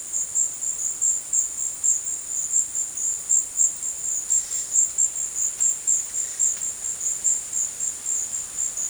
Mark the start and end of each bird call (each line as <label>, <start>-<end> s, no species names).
bird call, 4.31-4.81 s